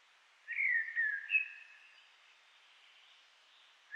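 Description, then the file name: Common blackbird delivering a single fluty, slightly descending whistled phrase lasting about a second, followed by quiet. "Turdus merula"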